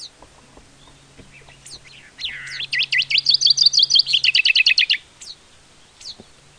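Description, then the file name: Common chaffinch song: a lower opening note, then a run of many repeated notes ending abruptly, with a few thin downslurred calls before and after and a low hum. "Fringilla coelebs"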